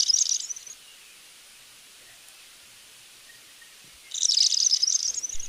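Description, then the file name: Black flowerpiercer song: a quick, thin, high twitter at the start, quiet, then a longer jumbled twittering phrase from about four seconds on. "Canto do fura flor preto"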